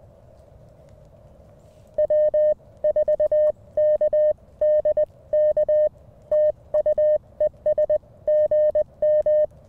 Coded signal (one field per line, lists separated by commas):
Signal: Morse code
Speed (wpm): 20 wpm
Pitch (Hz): 1800 Hz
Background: none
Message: W4KDK TU ES GM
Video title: Morning Morse Code w/ Mountain Topper MTR5B - 2/23/24